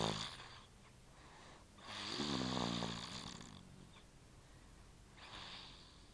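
Three noisy breaths about every two and a half seconds, the middle one with a low rattling buzz: snoring.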